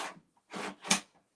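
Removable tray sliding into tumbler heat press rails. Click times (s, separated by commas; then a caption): 0.9 s. A removable tray for an HTVRONT A200 auto tumbler heat press is lined up with the rails and pushed in, making broad sliding and rubbing noise through the first second. A single sharp snap at 0.9 s marks the tray seating in place.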